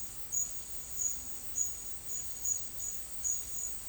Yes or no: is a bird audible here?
no